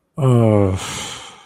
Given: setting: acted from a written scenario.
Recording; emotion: vocal sound without words; disappointment